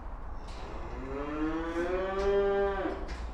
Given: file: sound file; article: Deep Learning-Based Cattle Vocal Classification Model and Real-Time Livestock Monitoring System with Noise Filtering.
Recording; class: cattle; food anticipating call